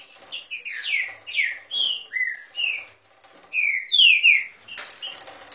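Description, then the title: Green-winged saltator delivering a rapid series of rich whistled slurs, mostly descending, then a short pause, more slurs and a burst of rustling noise at the end. Warming up its song; song style referred to as voice 09. "Canto De Trinca Ferro Voz 09. Trinca Ferro esquentando!"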